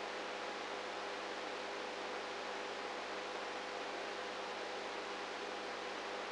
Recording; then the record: brain microelectrode recording played as sound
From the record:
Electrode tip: outside the subthalamic nucleus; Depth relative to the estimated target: -5 mm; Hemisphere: right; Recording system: NeuroSet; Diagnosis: Parkinson's disease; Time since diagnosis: 19 years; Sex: female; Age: 58 years